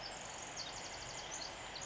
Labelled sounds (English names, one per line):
Pacific Wren